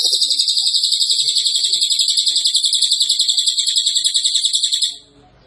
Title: Cililin AMPUH. Masteran burung cililin